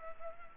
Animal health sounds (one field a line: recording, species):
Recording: mosquito wingbeat signal from an infrared sensor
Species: Culex pipiens